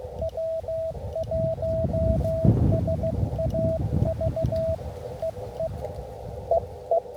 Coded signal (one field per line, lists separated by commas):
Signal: Morse code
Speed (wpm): 16 wpm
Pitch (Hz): 650 Hz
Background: radio noise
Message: W1SAV EE EE